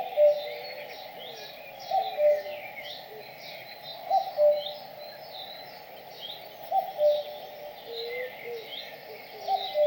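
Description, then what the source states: Bird calls: soft paired cooing notes recurring every two to three seconds, with scattered high, thin chirps behind a constant hum. In a forest.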